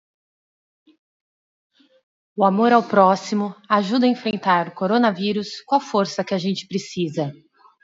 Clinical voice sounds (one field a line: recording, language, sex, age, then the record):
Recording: spoken sentence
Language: Brazilian Portuguese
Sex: female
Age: 40 to 49 years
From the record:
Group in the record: control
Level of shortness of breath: 0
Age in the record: 43 years